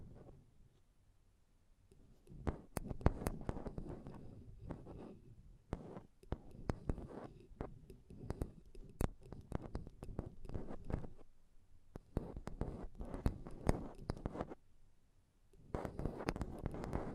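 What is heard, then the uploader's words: Mic tapping and scratching comes in dense, uneven bursts, mostly low and thumpy with sharp bright clicks scattered throughout. Near-silent pauses fall around 1, 6, 12 and 15 seconds, and each time the scratching and tapping resume at a busy, irregular pace. ASMR Intense Mic Tapping and Scratching Sounds (No Talking).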